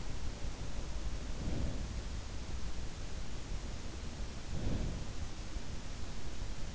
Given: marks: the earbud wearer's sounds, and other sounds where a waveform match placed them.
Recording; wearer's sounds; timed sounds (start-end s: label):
sounds in sleep by an in-ear microphone; breath
1.37-1.88 s: breath
4.47-4.99 s: breath